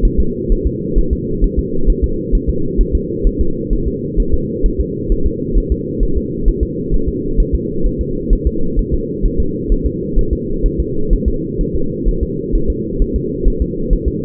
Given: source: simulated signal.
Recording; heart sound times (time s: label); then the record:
fetal heart sounds
0.05 s: S1
0.20 s: S2
0.52 s: S1
0.67 s: S2
0.99 s: S1
1.13 s: S2
1.44 s: S1
1.59 s: S2
1.90 s: S1
2.04 s: S2
2.35 s: S1
2.49 s: S2
2.81 s: S1
2.95 s: S2
3.27 s: S1
3.41 s: S2
3.73 s: S1
3.88 s: S2
4.20 s: S1
4.34 s: S2
4.66 s: S1
4.81 s: S2
5.12 s: S1
5.26 s: S2
5.58 s: S1
5.72 s: S2
6.03 s: S1
6.17 s: S2
6.48 s: S1
6.63 s: S2
6.94 s: S1
7.09 s: S2
7.40 s: S1
7.55 s: S2
7.86 s: S1
8.01 s: S2
8.33 s: S1
8.47 s: S2
8.79 s: S1
8.94 s: S2
9.25 s: S1
9.40 s: S2
9.72 s: S1
9.86 s: S2
10.19 s: S1
10.33 s: S2
10.66 s: S1
10.80 s: S2
11.13 s: S1
11.28 s: S2
11.61 s: S1
11.75 s: S2
12.09 s: S1
12.23 s: S2
12.56 s: S1
12.70 s: S2
13.02 s: S1
13.16 s: S2
13.48 s: S1
13.62 s: S2
13.93 s: S1
14.08 s: S2
From the record:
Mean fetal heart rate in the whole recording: 130 bpm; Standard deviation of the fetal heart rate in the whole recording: 4 bpm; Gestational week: 38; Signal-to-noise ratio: -8.1 dB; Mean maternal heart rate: 72 bpm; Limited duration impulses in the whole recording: absent